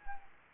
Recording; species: mosquito wingbeat signal from an infrared sensor; Anopheles arabiensis